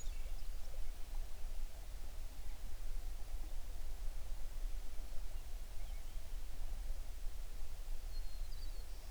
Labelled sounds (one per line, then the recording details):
songbird
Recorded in the Prudhoe Bay oil fields, Alaska, on 11 June 2019 at 05:41
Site 21